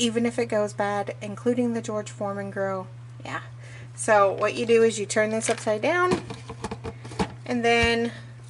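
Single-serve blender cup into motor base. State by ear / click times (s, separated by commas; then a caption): not seated / none. Someone talks while handling a filled single-serve blender cup, turning it upside down to go onto the motor base, over a steady low hum, with a few brief handling taps around 6.5 to 7.2 seconds. The cup has not snapped onto the base yet, and nothing has seated or clicked by the end; the snap is meant to come before the blender is powered on.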